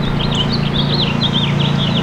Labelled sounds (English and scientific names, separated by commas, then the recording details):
House Finch (Haemorhous mexicanus) song
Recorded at Merrick on Long Island, New York, on 17 May 2013
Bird A